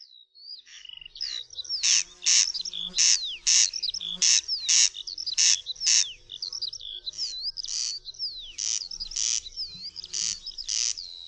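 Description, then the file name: Corn crake giving harsh, buzzy double rasps in a steady series while other birds whistle sliding, looping phrases in the background. "derkacz"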